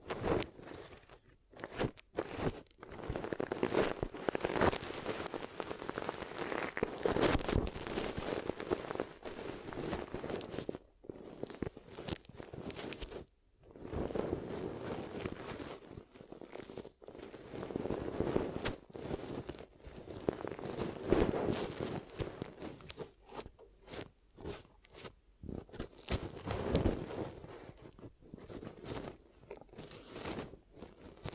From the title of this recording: Glue Ear Massage and Cleaning